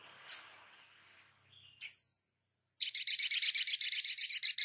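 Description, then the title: Spiderhunter giving two sharp high chips, then a fast, even, buzzy high trill of repeated notes lasting about two seconds. Masteran (training recording for cage birds), Labaik variant. "Sogok Ontong Labaik"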